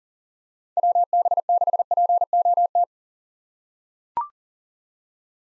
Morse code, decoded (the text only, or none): WB6POT